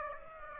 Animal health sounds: mosquito wingbeat signal from an infrared sensor; Aedes aegypti

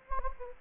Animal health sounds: mosquito wingbeat signal from an infrared sensor; Anopheles gambiae

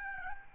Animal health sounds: mosquito wingbeat signal from an infrared sensor; Aedes albopictus

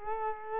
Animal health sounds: mosquito wingbeat signal from an infrared sensor; Culex quinquefasciatus

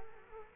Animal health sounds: mosquito wingbeat signal from an infrared sensor; Culex quinquefasciatus

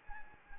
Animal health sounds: mosquito wingbeat signal from an infrared sensor; Anopheles gambiae

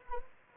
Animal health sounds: mosquito wingbeat signal from an infrared sensor; Anopheles arabiensis

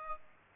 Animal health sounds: mosquito wingbeat signal from an infrared sensor; Aedes aegypti

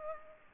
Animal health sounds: mosquito wingbeat signal from an infrared sensor; Aedes aegypti

